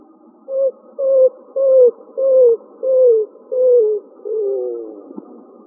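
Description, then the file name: Greater roadrunner delivering a steady run of low, hollow coos that each drop a little in pitch, ending with a drawn-out, deeper final note. Arizona, United States; recording possibly dated 2002-09-02. "GRRO 3 deviche"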